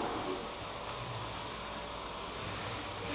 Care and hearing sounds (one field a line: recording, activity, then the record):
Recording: daily activity, microphone in the room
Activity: vacuum cleaning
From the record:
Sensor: 1